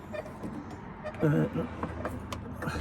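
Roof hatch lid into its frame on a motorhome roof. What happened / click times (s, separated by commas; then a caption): The hatch lid is being handled, not yet latched / none. A motorhome roof hatch lid is handled into its frame on the motorhome roof, being pulled down over the solar panel wire to lock in place. A run of short knocks and taps is heard, with sharp transients near 2.0, 2.3 and 2.6 seconds, while someone talks. Nothing has seated or clicked yet; the lid is not yet home.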